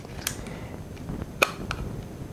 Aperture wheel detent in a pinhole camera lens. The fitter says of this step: and you can hear that maybe it locks into place pretty well with each aperture